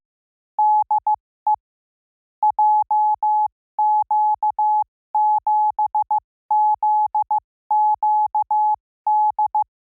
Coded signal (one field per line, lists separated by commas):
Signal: Morse code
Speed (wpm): 15 wpm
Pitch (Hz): 840 Hz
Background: none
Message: DE JQ7ZQD